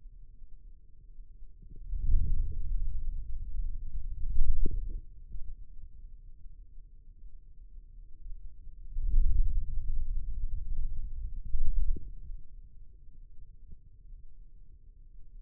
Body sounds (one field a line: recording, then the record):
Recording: forearm muscle sounds (acoustic myography)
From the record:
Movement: wrist flexion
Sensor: system 2, bracelet of six BSWA MPA416 microphones around the upper forearm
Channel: 4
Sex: male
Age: 22 years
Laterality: right